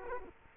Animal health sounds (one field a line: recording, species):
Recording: mosquito wingbeat signal from an infrared sensor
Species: Culex quinquefasciatus